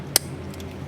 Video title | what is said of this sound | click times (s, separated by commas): Ram Revival Part 53 : Throttle Body Install and Electrical Connections | positive click uh this one is the same thing but i think i'm gonna need two hands to to | 0.2 s